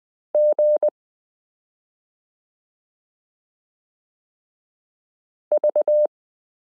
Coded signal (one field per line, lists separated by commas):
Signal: Morse code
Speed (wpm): 20 wpm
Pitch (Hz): 600 Hz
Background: none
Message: GV